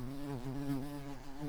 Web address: Hortorum queens